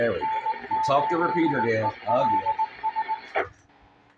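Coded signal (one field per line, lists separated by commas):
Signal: Morse code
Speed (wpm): 19 wpm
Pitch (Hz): 880 Hz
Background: speech, radio noise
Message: N8ELS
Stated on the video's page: 2m ragchew net received on a Kenwood TR-9000 with its own antenna and a two-meter preamp, amid heavy local noise.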